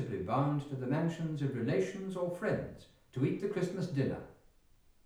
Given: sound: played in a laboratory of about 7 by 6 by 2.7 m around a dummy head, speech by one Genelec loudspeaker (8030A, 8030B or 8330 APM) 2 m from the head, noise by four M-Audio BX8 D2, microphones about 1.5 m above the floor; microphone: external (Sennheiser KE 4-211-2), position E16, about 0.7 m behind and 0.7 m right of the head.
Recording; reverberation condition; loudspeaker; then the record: male speech in English; medium; in front (0 degrees)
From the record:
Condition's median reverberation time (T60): about 510 ms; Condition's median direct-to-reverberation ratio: about -0.5 dB